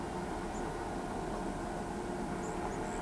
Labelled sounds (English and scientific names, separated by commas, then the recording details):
Tropical Kingbird (Tyrannus melancholicus)
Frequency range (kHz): Tropical Kingbird (Tyrannus melancholicus) 5.7-8.4 kHz
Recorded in pastures near Pivijay, Magdalena, Colombia, on 18 April 2023 at 10:00
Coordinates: 10.456, -74.369
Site P6-G026